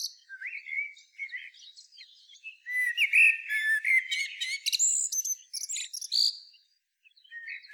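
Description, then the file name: Common blackbird song: soft low fluted warbles, then a louder burst of squeaky, high twittering notes in the middle, fading to quiet phrases at the end. "Turdus merula"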